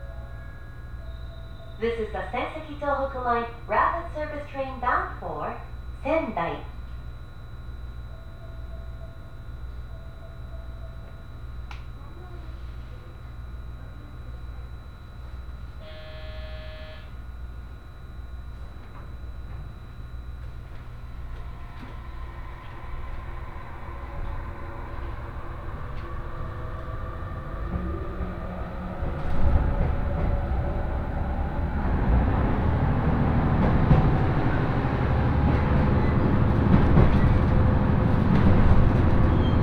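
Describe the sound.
A hybrid diesel railcar on the Senseki-Tohoku Line rapid service, with a steady low hum and a tonal whine. Speech is heard in the first seconds, and a short chime comes near sixteen seconds. From about twenty-five seconds the train accelerates, building into a loud, dense rumbling roar.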